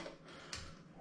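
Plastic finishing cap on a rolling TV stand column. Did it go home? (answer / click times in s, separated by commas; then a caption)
yes / 0.5 s. The small plastic finishing cap, part no. 13, is pressed onto the column of a rolling TV stand. A short, sharp snap is heard at 0.5 s over a low background hum. The cap clips on and is seated.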